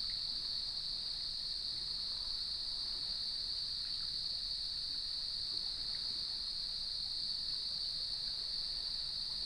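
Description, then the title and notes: Cricket chorus forming a continuous high, even trill with no pauses or change in pitch, over a quiet low background hiss. At sunset on the beach of Lighthouse West Natural Area, Leelanau Peninsula, by gnarled cedar trees, with waves in the background. "Sounds of Leelanau Peninsula: Lighthouse West Natural Area. Nature is my Jam. As I approached the beach, the sun was just setting, and the crickets made themselves known"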